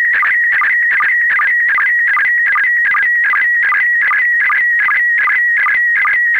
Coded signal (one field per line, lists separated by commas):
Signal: SSTV (slow-scan television)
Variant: PD 50